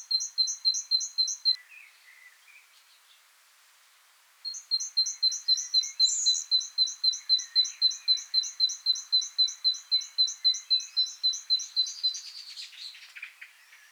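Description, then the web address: Great tit song: fast two-note phrases repeated about four times a second, a short burst, a pause, then a long steady run, with soft twittering from other birds behind. "SETE data Parus major"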